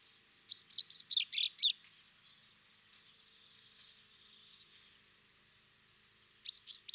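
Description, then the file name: Common chaffinch calls: a quick run of six bright, chirpy notes in the first two seconds, then silence, then another short burst of similar notes near the end. "Fringilla coelebs"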